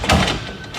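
On the patio deck of a 2022 Forest River XLR Boost 37TSX13 toy hauler, the rail slides out after its button is pressed, and its metal lock piece is pushed into the deck corner. A sharp metallic click at 0.1 s marks the rail lock seating into place, followed by a faint low rattle.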